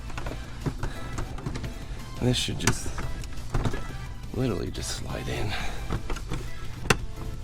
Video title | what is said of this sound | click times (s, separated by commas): Camaro Heritage Grille Install (eBay) & Misc. ZL1 Parts | you can hear it click and click on the bottom put | 6.9 s